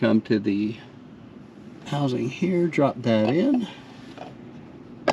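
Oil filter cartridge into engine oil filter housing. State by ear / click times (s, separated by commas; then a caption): seated / 5.1 s. Someone talks while a lubricated oil filter cartridge with its o-ring is dropped into the engine oil filter housing of a Promaster and pushed in. A short, sharp click is heard at 5.1 s as the cartridge seats in place.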